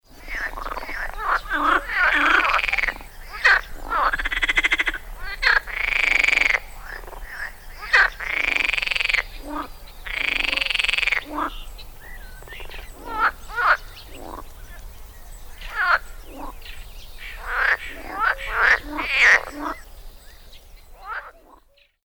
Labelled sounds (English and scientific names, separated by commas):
Edible Frog (Pelophylax esculentus)